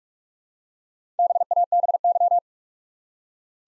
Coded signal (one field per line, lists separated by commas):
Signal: Morse code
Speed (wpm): 44 wpm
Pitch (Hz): 700 Hz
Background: none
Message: BABY